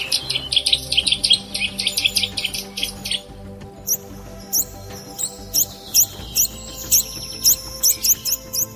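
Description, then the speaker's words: Eurasian nuthatch giving sharp, high repeated notes: a rapid series early, then evenly spaced upward-flicking calls. "Это голос поползня обыкновенного."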